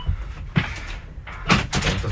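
A door being handled: a low thump, then a sharper clunk followed by rattling, scraping bursts, with a dull rumble underneath and no voices.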